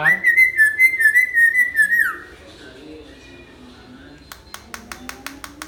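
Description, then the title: Hill myna delivering a fast trilled whistle of repeated notes for two seconds, then quiet with a row of sharp clicks. Actively singing (gacor) bird; tutor (masteran) recording made for training other birds. "Suara Burung Beo Gacor Cocok Untuk Masteran"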